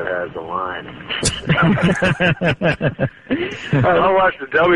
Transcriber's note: laughter